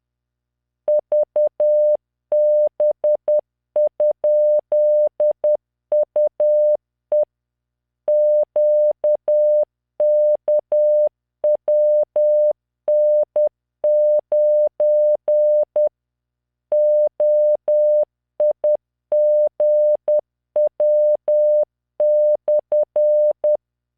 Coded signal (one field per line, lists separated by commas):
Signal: Morse code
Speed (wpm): 10 wpm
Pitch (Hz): 600 Hz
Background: none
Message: VB?UE QKWN9 OIGW/